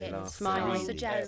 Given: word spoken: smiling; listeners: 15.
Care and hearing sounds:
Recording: one English word in noise, from a listening test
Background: four-talker babble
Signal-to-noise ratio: 0.1 dB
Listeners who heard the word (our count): 3 of 15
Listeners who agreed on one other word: 10 of 15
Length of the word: 0.88 s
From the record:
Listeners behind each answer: 10, 3, 1, 1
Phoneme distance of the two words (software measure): 14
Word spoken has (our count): 2 syllables, 6 phonemes, stress on syllable 1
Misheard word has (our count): 1 syllable, 4 phonemes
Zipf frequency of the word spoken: 4.26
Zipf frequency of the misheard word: 4.71

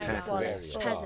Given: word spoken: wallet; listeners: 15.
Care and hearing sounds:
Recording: one English word in noise, from a listening test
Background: four-talker babble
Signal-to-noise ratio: -2.0 dB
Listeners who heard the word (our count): 0 of 15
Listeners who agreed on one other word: 8 of 15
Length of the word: 0.66 s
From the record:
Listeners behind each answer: 8, 1, 1, 1, 1, 1, 1, 1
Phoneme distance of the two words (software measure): 40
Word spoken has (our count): 2 syllables, 5 phonemes, stress on syllable 1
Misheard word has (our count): 2 syllables, 5 phonemes, stress on syllable 1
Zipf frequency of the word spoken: 3.81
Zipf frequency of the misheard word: 3.43

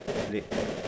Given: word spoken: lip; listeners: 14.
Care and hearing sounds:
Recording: one English word in noise, from a listening test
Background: noise modulated by three-talker babble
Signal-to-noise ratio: -3.8 dB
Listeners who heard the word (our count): 1 of 14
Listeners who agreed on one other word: 6 of 14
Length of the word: 0.48 s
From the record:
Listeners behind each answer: 6, 3, 1, 1, 1, 1, 1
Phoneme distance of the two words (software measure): 10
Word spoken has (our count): 1 syllable, 3 phonemes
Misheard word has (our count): 1 syllable, 3 phonemes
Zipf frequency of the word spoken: 3.91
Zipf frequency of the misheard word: 3.86

